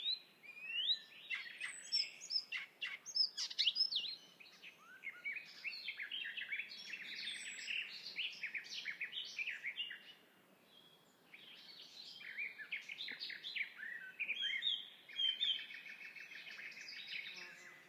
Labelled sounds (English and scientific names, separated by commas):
Icterine Warbler (Hippolais icterina) song